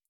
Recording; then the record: hydrophone in a shrimp aquaculture tank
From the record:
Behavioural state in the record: feeding